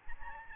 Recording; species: mosquito wingbeat signal from an infrared sensor; Aedes albopictus